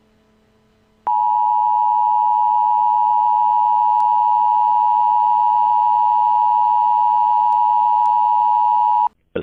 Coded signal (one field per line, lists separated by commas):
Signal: Emergency Alert System (SAME) tones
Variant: 853 and 960 Hz attention tone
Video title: EAS Scenario 3: Blood Cats II Part II (PREVIEW)